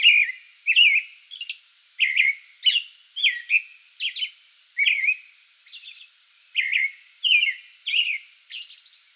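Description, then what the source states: American robin singing a run of rich, slurred whistled phrases, rising and falling, with short gaps and occasional thin high squeaky notes between them. Song bout recorded 8 May 2022.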